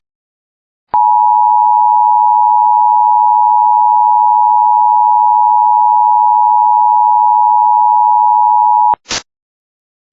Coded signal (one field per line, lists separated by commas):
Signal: Emergency Alert System (SAME) tones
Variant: 853 and 960 Hz attention tone